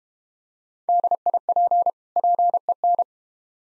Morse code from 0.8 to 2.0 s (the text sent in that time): DIP